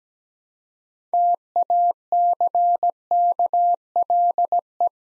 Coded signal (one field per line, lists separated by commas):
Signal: Morse code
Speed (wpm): 17 wpm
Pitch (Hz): 700 Hz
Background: none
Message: TACKLE